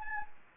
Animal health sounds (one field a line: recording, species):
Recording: mosquito wingbeat signal from an infrared sensor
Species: Anopheles gambiae